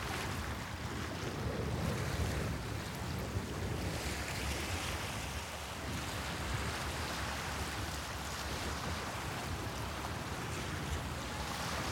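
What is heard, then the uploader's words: Water noise along a river coast, a dense, steady rush that fills the whole range from low rumble to bright hiss. Wind buffets the microphone throughout, with a slightly stronger gust near two seconds and a brief dip around five to six seconds. River Coast Noises.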